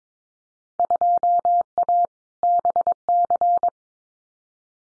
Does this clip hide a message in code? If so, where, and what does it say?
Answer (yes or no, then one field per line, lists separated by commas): yes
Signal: Morse code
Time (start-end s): 0.8-3.7 s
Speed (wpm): 22 wpm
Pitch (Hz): 700 Hz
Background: none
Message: 2A BC